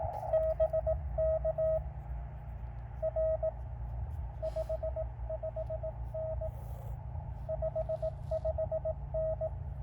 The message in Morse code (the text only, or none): BK R 55N 55N